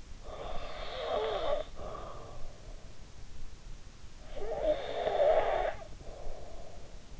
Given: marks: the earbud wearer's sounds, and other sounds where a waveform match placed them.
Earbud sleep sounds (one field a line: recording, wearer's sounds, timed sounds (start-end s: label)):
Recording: sounds in sleep by an in-ear microphone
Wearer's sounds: snoring breath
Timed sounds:
0.02-2.91 s: snoring breath
4.05-7.20 s: snoring breath